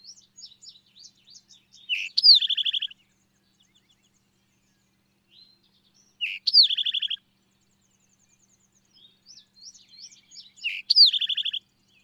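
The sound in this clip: Bird song, a short run of thin high notes ending in a loud rising-and-falling whistle with a buzzy trill, repeated three times about every four and a half seconds.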